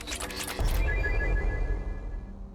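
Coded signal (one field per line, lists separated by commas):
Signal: none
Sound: game's probe launch beeps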